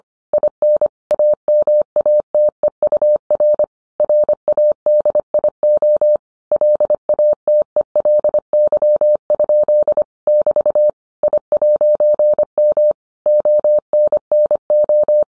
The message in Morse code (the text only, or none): IN AMATEUR RADIO LATELY? <BT> I'M ONNO